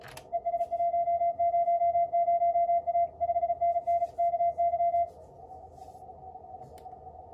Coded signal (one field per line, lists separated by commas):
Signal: Morse code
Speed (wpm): 33 wpm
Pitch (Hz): 690 Hz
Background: radio noise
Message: ES100A 5NN KY